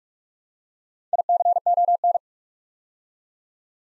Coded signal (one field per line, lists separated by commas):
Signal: Morse code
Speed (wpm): 44 wpm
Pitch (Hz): 700 Hz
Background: none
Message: ICON